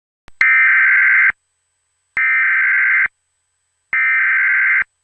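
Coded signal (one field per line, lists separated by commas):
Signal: Emergency Alert System (SAME) tones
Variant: header bursts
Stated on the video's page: EAS alert tones in a fictional Krampus-themed scenario, not a real broadcast.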